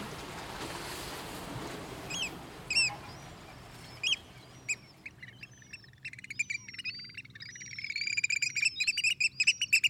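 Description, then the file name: Eurasian oystercatcher calls: a few sharp high notes early on over a noisy background, then a growing burst of shrill, rapid piping in the last seconds. "strandskata"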